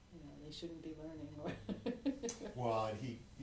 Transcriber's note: laughs